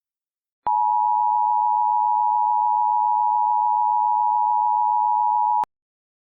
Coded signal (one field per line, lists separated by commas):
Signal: Emergency Alert System (SAME) tones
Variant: 853 and 960 Hz attention tone